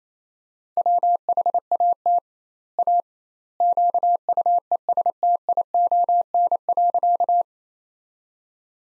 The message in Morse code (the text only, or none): WHAT A QUESTION.